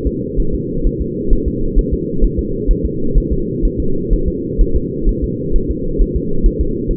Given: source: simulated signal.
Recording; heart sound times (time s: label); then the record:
fetal heart sounds
0.07 s: S2
0.40 s: S1
0.55 s: S2
0.87 s: S1
1.01 s: S2
1.33 s: S1
1.48 s: S2
1.78 s: S1
1.93 s: S2
2.24 s: S1
2.39 s: S2
2.71 s: S1
2.85 s: S2
3.18 s: S1
3.32 s: S2
3.65 s: S1
3.80 s: S2
4.13 s: S1
4.28 s: S2
4.61 s: S1
4.76 s: S2
5.09 s: S1
5.24 s: S2
5.56 s: S1
5.71 s: S2
6.02 s: S1
6.16 s: S2
6.46 s: S1
6.61 s: S2
6.91 s: S1
From the record:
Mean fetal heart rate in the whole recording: 130 bpm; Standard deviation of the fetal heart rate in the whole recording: 4 bpm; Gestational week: 38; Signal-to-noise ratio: -8.1 dB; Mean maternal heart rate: 72 bpm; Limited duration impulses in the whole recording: present